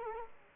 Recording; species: mosquito wingbeat signal from an infrared sensor; Culex quinquefasciatus